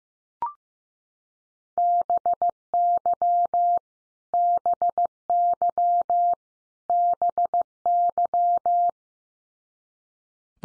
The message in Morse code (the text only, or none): BY BY BY